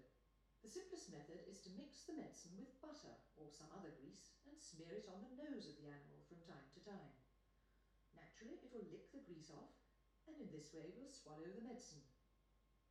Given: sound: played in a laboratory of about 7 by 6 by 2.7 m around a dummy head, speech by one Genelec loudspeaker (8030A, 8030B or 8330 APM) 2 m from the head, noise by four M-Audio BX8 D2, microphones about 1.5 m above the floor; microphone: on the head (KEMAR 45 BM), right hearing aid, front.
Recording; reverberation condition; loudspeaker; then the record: female speech in English; medium; 60 degrees to the left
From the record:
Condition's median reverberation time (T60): about 510 ms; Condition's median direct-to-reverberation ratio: about -0.5 dB